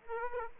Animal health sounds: mosquito wingbeat signal from an infrared sensor; Aedes aegypti

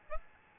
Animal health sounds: mosquito wingbeat signal from an infrared sensor; Aedes albopictus

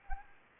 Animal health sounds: mosquito wingbeat signal from an infrared sensor; Anopheles gambiae

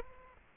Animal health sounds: mosquito wingbeat signal from an infrared sensor; Aedes aegypti

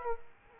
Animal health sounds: mosquito wingbeat signal from an infrared sensor; Culex quinquefasciatus

